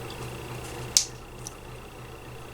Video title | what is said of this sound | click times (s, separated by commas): CustomUp!/Isaakustoms Saiyan Saga Vegeta Headsculpt | click into place rather than they just slide in | 1.0 s